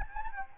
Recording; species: mosquito wingbeat signal from an infrared sensor; Anopheles gambiae